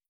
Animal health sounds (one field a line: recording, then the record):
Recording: hydrophone in a shrimp aquaculture tank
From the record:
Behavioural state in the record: starved